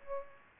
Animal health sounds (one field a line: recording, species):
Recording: mosquito wingbeat signal from an infrared sensor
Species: Aedes aegypti